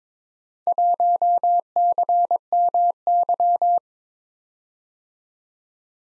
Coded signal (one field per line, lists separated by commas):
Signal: Morse code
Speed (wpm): 22 wpm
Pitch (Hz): 700 Hz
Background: none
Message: 1CMY